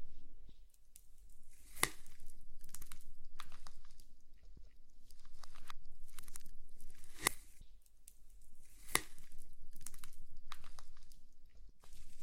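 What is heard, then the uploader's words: Slime being handled, with sticky squelches and sharp crackling pops. Bright snapping bursts land every second or so, strongest near two, seven and nine seconds, between softer wet tearing sounds and brief quiet gaps. ASMR SLIME SATISFYING - NO TALKING.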